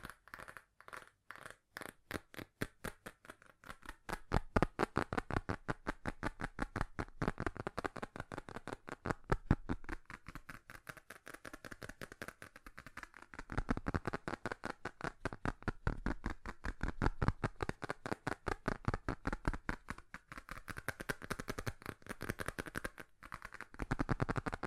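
Fast tapping runs throughout as a stream of sharp, crisp clicks. It starts with slower, evenly spaced taps for the first few seconds, then speeds into a dense, rapid patter that keeps going to the end, swelling slightly louder around five and twenty seconds.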